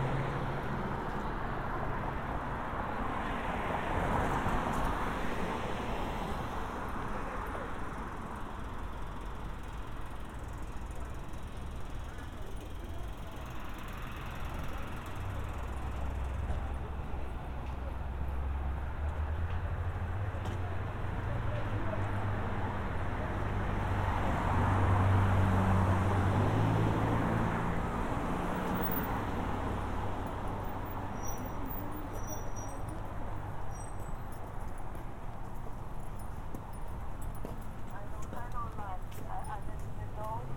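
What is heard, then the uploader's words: A walk through a town street, recorded close to the ears, with a steady wash of traffic and low engine rumble throughout. A vehicle passes louder around the 25-second mark, and faint voices and footstep-like clops come and go. A binaural recording of a walk from our house to the Mount Vernon Public Library. It is located in downtown Mount Vernon, across from the Post Office and up the hill from the Mount Vernon East Metro North Station.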